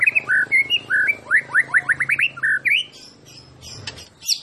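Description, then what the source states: White-rumped shama song: a series of clear, upslurred and downslurred whistles, then scattered high, scratchy notes. Recording used as masteran, training song for songbirds; described as a champion bird.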